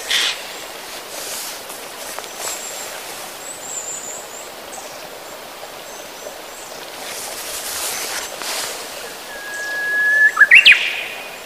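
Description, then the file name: Japanese bush warbler song: a steady held whistle ending in a quick rising and falling flourish near the end, over constant wave-like rushing background noise. "uguisu"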